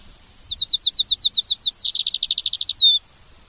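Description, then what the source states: Alpine accentor song: a steady series of high clipped notes, speeding into a faster run of notes and ending on one longer note. Zao, Japan.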